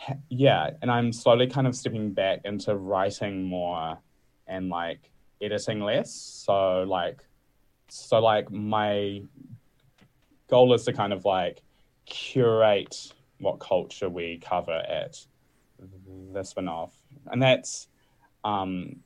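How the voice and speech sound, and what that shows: Adult male speech with stretched sounds, silent blocks and restarts: mild stuttering in a man who describes himself as a stutterer.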